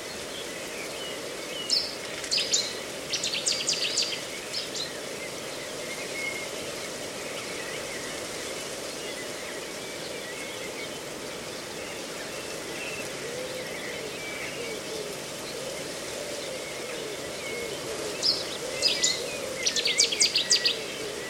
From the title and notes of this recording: A mosaic of sounds recorded in a reedbed at Slapton Ley National Nature Reserve, Devon, UK. The sounds were recorded at dawn on three days in May 2023.